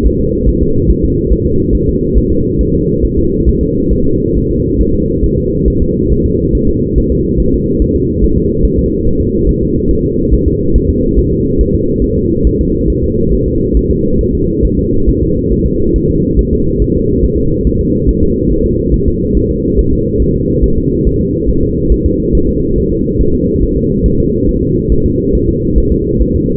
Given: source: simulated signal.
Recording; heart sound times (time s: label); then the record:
fetal heart sounds
0.06 s: S1
0.20 s: S2
0.49 s: S1
0.62 s: S2
0.91 s: S1
1.05 s: S2
1.33 s: S1
1.47 s: S2
1.75 s: S1
1.89 s: S2
2.18 s: S1
2.32 s: S2
2.61 s: S1
2.75 s: S2
3.05 s: S1
3.19 s: S2
3.49 s: S1
3.63 s: S2
3.93 s: S1
4.07 s: S2
4.37 s: S1
4.51 s: S2
4.81 s: S1
4.94 s: S2
5.24 s: S1
5.38 s: S2
5.68 s: S1
5.82 s: S2
6.12 s: S1
6.26 s: S2
6.55 s: S1
6.69 s: S2
6.98 s: S1
7.12 s: S2
7.40 s: S1
7.54 s: S2
7.82 s: S1
7.96 s: S2
8.24 s: S1
8.38 s: S2
8.65 s: S1
8.79 s: S2
9.07 s: S1
9.21 s: S2
9.49 s: S1
9.63 s: S2
9.91 s: S1
10.05 s: S2
10.34 s: S1
10.48 s: S2
10.76 s: S1
10.90 s: S2
11.19 s: S1
11.33 s: S2
11.61 s: S1
11.75 s: S2
12.04 s: S1
12.18 s: S2
12.47 s: S1
12.61 s: S2
12.90 s: S1
13.04 s: S2
13.34 s: S1
13.47 s: S2
13.77 s: S1
13.91 s: S2
14.21 s: S1
14.35 s: S2
14.65 s: S1
14.79 s: S2
15.09 s: S1
15.23 s: S2
15.52 s: S1
15.66 s: S2
15.96 s: S1
16.10 s: S2
16.39 s: S1
16.53 s: S2
16.82 s: S1
16.96 s: S2
17.25 s: S1
17.38 s: S2
17.67 s: S1
17.81 s: S2
18.09 s: S1
18.23 s: S2
18.52 s: S1
18.66 s: S2
18.94 s: S1
19.08 s: S2
19.37 s: S1
19.51 s: S2
19.79 s: S1
19.93 s: S2
20.22 s: S1
20.36 s: S2
20.64 s: S1
20.78 s: S2
21.07 s: S1
21.21 s: S2
21.49 s: S1
21.63 s: S2
21.92 s: S1
22.06 s: S2
22.35 s: S1
22.49 s: S2
22.78 s: S1
22.92 s: S2
23.21 s: S1
23.35 s: S2
23.63 s: S1
23.77 s: S2
24.06 s: S1
24.20 s: S2
24.49 s: S1
24.63 s: S2
24.92 s: S1
25.06 s: S2
25.35 s: S1
25.49 s: S2
25.78 s: S1
25.92 s: S2
26.21 s: S1
26.35 s: S2
From the record:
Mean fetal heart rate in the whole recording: 140 bpm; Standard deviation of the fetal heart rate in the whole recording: 2 bpm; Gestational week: 34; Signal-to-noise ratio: -15.3 dB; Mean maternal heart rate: 72 bpm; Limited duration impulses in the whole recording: present